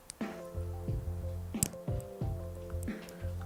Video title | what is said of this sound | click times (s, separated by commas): LET'S BUILD A GUNDAM! (Insane Model Kit) | clicky Clickety clicky definite clickage I like it | 1.6 s